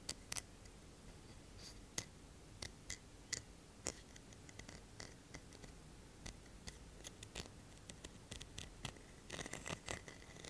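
Irregular tapping and scratching on objects, sharp bright clicks scattered throughout, clustering faster near the end over a low steady rustle.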